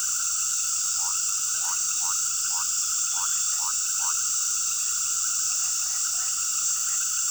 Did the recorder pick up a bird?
no